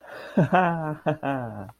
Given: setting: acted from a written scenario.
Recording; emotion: vocal sound without words; elation